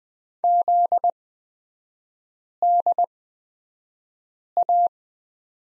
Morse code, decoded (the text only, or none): ZDA